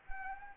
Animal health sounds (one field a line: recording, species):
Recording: mosquito wingbeat signal from an infrared sensor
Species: Anopheles arabiensis